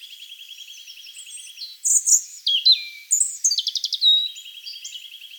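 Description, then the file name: European robin giving quick high, varied phrases and sharp trills, set against a steady, even, pulsing trill that runs beneath at the start and end. "Erithacus rubecula"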